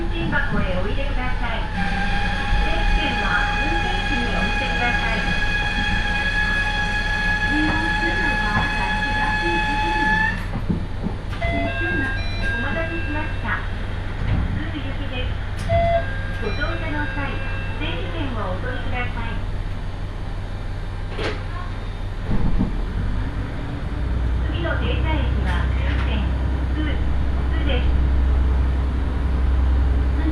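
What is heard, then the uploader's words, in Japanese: Inside a one-car railbus, a low steady engine rumble runs throughout, with chattering voices, a high whine early on, and a deeper drone later. 伊勢鉄道 四日市→津。四日市から河原田までの2駅はＪＲ区間に乗り入れ、あとは伊勢鉄道内を走ります。普通列車は１両のレールバスで数人程度の乗客ですが、土曜日ということもあり徐々に高校生が乗ってきたりと賑やかになってきます。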